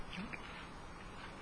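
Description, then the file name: Domestic cat giving a low, even purr held throughout, with a quiet hiss behind it. Kitten resting on a person's chest during meditation. "Meditation with a kitten on your chest"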